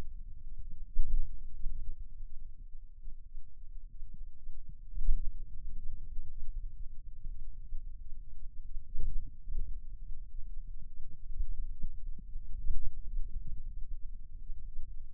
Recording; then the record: forearm muscle sounds (acoustic myography)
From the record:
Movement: wrist flexion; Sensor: system 2, bracelet of six BSWA MPA416 microphones around the upper forearm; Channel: 1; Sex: male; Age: 22 years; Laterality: right